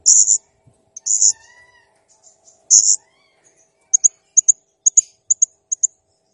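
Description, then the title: Blue-crowned hanging parrot giving very high, thin buzzy notes, three longer bursts followed by quick paired chips in a steady sequence. Master recording of a clear, persistently singing bird, made for training cage birds. "Masteran Burung Serindit Ll Masteran Serindit Gacor Jernih"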